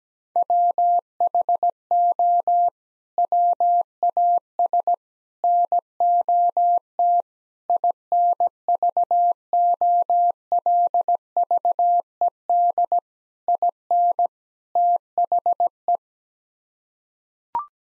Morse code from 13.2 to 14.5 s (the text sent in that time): IN